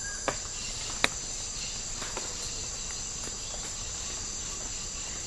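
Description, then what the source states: Insects hold a continuous high-pitched hiss-like drone, broken only by a few faint sharp clicks. Tropical rainforest habitat.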